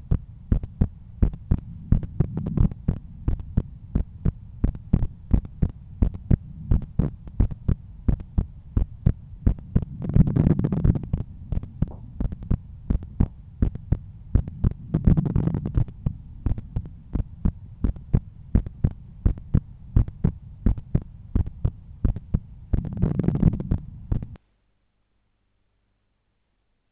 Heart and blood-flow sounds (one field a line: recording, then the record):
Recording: heart sounds by stethoscope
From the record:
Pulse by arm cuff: 85 bpm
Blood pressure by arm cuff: 123/76 mmHg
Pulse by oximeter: 90 bpm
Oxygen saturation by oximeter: 95%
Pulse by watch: 87 bpm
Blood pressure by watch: 126/82 mmHg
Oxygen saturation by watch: 94%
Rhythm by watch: sinus rhythm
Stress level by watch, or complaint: low stress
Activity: after lunch and office activities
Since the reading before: plus 1000 steps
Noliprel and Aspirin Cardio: after pills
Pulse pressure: 47 mmHg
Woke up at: 7:50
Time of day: 16:17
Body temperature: 36.5 C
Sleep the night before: 7 h 52 min, score 75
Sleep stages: REM 24%, light 55%, deep 12%, awake 9%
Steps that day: 9500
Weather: sunny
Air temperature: 23.6 C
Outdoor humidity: 51%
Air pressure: 1013 hPa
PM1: 4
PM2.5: 7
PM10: 10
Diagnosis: hypertension, treated with Noliprel and Aspirin Cardio 100 mg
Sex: male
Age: 53 years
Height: 174 cm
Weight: 81 kg